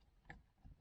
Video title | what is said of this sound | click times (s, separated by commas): CHEAP AND EASY TRANSMITION FIX | you hear the pop | 0.3 s